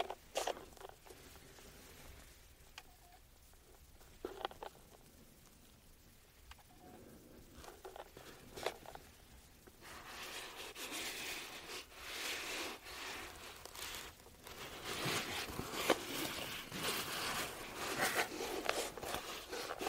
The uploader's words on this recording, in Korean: ASMR 노토킹 아로마오일, 케이스 탭핑.